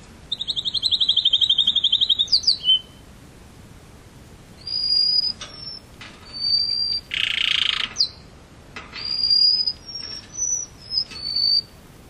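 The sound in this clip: Canary song with a long buzzy trill near the start, then varied whistled notes, a harsh rasping burst and short repeated chirps separated by brief pauses.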